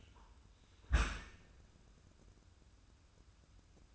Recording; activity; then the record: daily activity, microphone in the room; close dishwasher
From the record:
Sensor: 2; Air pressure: 994.3 hPa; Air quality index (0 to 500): 213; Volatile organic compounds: 1000 ppm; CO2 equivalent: 7058 ppm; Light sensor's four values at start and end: 149/358/152/159 and 149/357/152/159